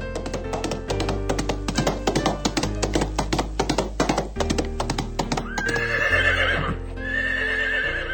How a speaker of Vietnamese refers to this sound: Khang thúc vào bụng ngựa, con ngựa vọt tới trước.